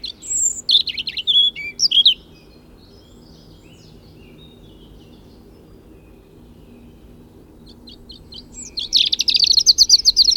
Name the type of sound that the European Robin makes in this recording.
song